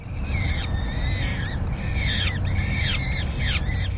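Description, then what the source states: Peregrine falcon screams: harsh, drawn-out harmonic cries, each ending in a downward slur, several in quick succession over a low steady rumble. Nesting pair, female Callie and Gary, on a University of Calgary campus roof watched by live webcam; disgruntled screams ending confrontations between the two, rarely both at nest together.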